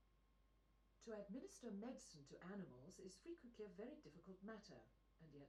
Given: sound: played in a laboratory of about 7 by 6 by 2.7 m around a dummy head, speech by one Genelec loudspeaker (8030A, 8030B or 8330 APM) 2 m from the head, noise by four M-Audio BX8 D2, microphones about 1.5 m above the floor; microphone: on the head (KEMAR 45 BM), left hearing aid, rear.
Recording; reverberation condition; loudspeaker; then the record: female speech in English; low; 60 degrees to the right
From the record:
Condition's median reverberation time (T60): about 310 ms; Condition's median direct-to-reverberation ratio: about 3.5 dB